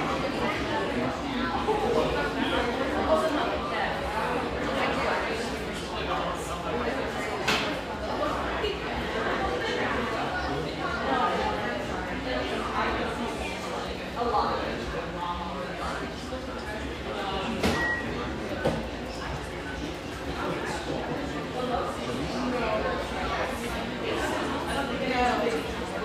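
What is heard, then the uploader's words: Steady crowd chatter fills a mellow exposed-brick spot in Overlook, Portland, with many overlapping voices talking at an even level throughout. A few sharp clinks or knocks cut through, most clearly around 7 and 18 seconds. Overlook, Portland, Oregon. Riverside on Portland's east Willamette banks, this industrial neighborhood sports some quality coffeehouses, including this mellow, exposed-brick gem frequented by railyard staff.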